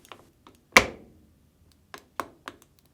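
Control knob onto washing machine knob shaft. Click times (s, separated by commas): 0.8 s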